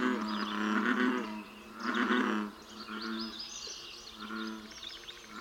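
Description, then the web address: American bullfrog gives loud, resonant, rumbling croaks in bouts lasting up to about a second, with gaps between them. "Dan Gibson's Solitudes Nature Trails. Bullfrog"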